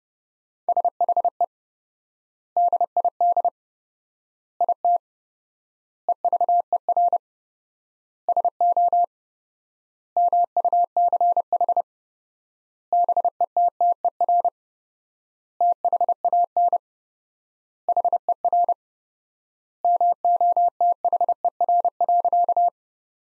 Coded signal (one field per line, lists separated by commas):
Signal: Morse code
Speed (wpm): 28 wpm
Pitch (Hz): 700 Hz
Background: none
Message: SHE DID IT EVER SO MUCH BETTER THAN HER MOTHER.